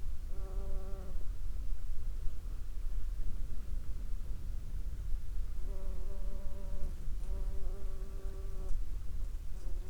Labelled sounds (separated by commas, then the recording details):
insects
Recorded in the Prudhoe Bay oil fields, Alaska, on 11 July 2021 at 23:43
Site 21